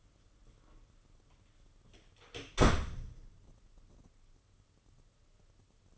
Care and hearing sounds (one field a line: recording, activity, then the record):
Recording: daily activity, microphone in the room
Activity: close door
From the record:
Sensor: 4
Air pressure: 995.2 hPa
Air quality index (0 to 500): 185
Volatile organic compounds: 100 ppm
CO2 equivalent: 3752 ppm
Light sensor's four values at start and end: 13/33/13/15 and 5/13/5/5